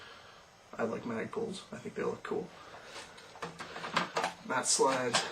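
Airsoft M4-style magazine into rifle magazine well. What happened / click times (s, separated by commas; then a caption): The magazine is being slid in but has not yet latched / none. Someone talks while an M4/M16-style airsoft magazine is handled and slid toward the magazine well of a Tokyo Marui P90TR airsoft rifle, with short handling knocks at about 3.4, 4.0 and 4.2 seconds. The clip ends before the magazine goes home, so nothing has seated or locked yet.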